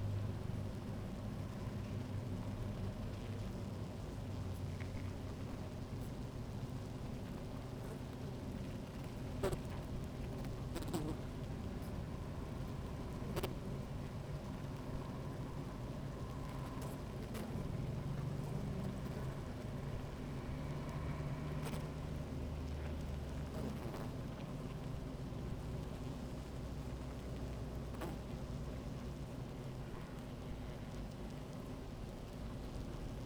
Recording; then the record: honeybee colony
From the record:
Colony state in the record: active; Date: 28 July 2017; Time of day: 16:25